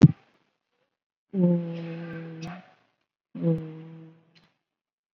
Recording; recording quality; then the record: sustained vowel as in boot; moderate, slight background noise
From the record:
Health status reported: COVID-19 positive, mild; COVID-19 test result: positive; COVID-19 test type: RT-PCR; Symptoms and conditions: hypertension, diabetes, another condition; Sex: female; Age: 44 years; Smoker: no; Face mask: worn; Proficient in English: yes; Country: India